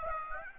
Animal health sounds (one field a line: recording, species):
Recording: mosquito wingbeat signal from an infrared sensor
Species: Aedes aegypti